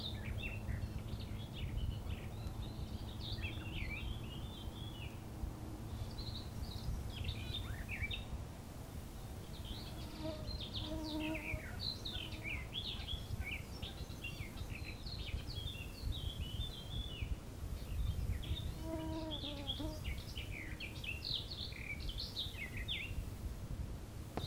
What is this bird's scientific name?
Sylvia borin